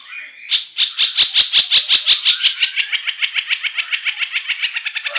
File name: suara cendet